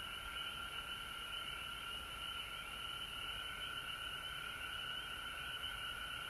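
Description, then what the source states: Frogs calling in a dense chorus, a steady trilling drone overlaid with rapid short rising notes, unbroken for the whole stretch. Recorded at home in Georgia on March 19, 2020.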